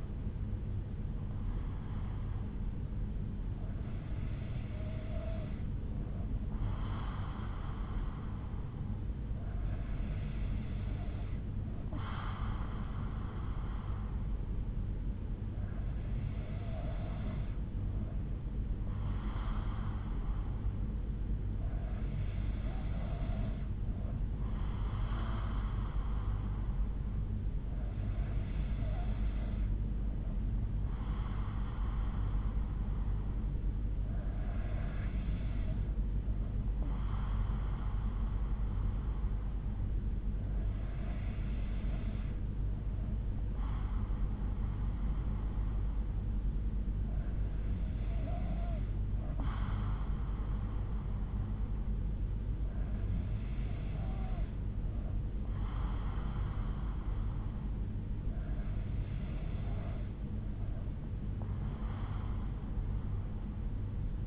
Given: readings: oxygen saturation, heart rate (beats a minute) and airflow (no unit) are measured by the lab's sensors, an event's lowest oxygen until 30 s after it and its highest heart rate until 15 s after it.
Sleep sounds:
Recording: breathing in sleep by a smartphone at the bedside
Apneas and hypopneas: none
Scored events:
none scored
From the record:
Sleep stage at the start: N3 (deep sleep)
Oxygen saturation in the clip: 93 to 94%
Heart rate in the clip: 59 to 63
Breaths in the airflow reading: 10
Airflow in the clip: -5.3 to 3.4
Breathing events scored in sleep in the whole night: 368 in 8.0 hours asleep

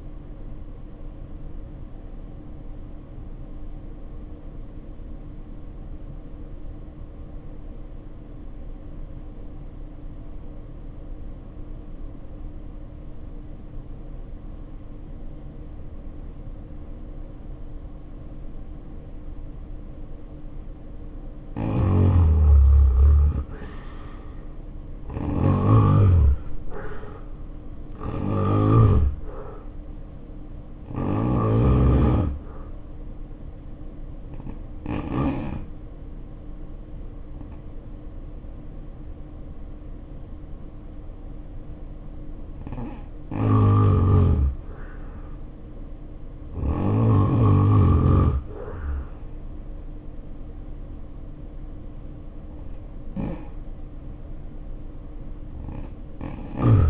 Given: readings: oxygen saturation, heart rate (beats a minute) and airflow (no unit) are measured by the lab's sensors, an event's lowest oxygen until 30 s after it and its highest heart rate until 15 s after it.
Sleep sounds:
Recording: breathing in sleep by a smartphone at the bedside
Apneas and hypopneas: 1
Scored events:
3.00-23.20 s: obstructive apnea (REM, oxygen 89% highest, then 68% lowest, heart rate 61 at the start, 80 highest)
26.00-56.90 s: new sleep stage, N1 (lightest sleep)
From the record:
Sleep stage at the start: REM sleep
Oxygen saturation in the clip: 68 to 91%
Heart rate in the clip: 58 to 80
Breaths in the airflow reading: 8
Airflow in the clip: -3.8 to 7.1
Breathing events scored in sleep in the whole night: 520 in 7.2 hours asleep

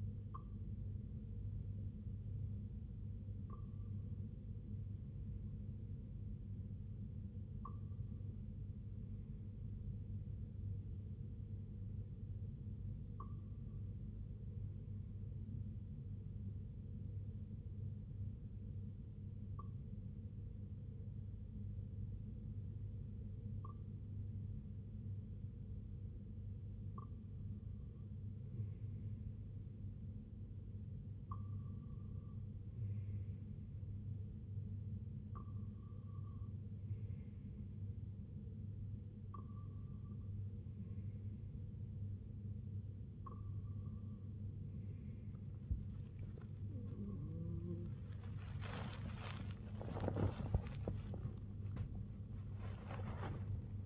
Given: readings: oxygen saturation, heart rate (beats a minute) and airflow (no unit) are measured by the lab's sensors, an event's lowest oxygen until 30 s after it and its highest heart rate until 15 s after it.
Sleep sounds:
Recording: breathing in sleep by a smartphone at the bedside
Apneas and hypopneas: none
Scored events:
none scored
From the record:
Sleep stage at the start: N2 (light sleep)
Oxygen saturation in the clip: 93 to 94%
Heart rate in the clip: 59 to 83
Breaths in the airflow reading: 12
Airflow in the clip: -6.0 to 4.6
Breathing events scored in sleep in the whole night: 258 in 7.4 hours asleep

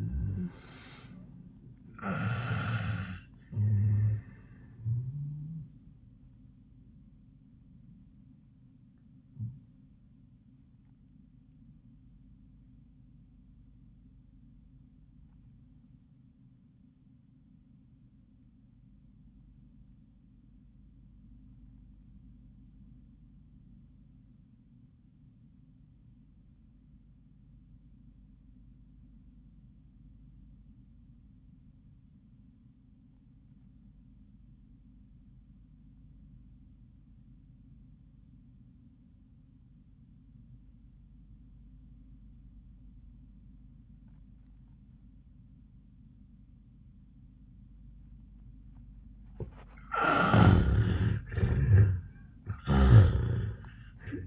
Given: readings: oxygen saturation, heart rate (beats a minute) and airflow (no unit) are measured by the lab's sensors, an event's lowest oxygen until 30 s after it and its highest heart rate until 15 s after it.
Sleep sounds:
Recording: breathing in sleep by a smartphone at the bedside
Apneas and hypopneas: 1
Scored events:
12.00-49.90 s: obstructive apnea (REM, oxygen 96% highest, then 60% lowest, heart rate 89 at the start, 102 highest)
37.00-54.27 s: new sleep stage, N1 (lightest sleep)
From the record:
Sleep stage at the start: REM sleep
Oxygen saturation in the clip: 64 to 96%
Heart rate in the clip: 63 to 96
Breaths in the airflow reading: 3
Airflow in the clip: -27.3 to 14.9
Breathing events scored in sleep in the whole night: 400 in 8.7 hours asleep

